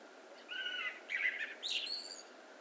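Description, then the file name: Common blackbird song: a soft fluty whistle, a scratchy warble, then thin high notes trailing off in a quiet phrase. "Turdus merula"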